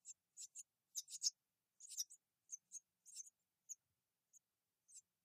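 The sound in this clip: Wren giving dry, high ticking calls, some single and some in quick clusters of two to four, spaced irregularly over a few seconds; nothing else is heard.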